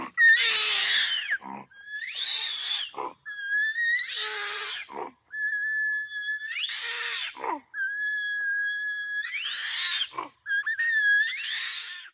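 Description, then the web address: Orangutan calls: several loud, harsh squeals, each joined to a level whistle, with short pauses between. Orangutans in a zoo. "sonido de orangutanes en el zoologico"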